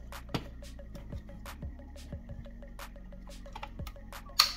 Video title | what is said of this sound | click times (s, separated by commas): Siemens EQ500 Brühgruppe lässt sich nicht einsetzten oder entnehmen Reparatur package Zahnräder . | So, und da ist es schon eingerastet. | 4.4 s